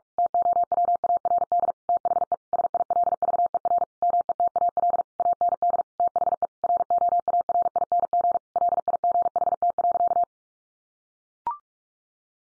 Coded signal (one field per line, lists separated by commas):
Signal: Morse code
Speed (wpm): 44 wpm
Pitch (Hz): 700 Hz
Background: none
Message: TOWARD THE SILVER METAL AND THE ROARING LIGHT.